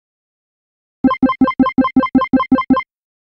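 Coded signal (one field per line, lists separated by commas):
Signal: none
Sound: a sound effect's beeps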